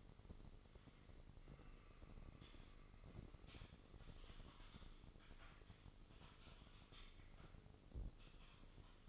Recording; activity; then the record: daily activity, microphone in the room; typing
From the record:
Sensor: 4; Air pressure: 996.0 hPa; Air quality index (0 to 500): 64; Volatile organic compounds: 2 ppm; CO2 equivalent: 1142 ppm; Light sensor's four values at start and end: 18/49/19/20 and 18/49/19/20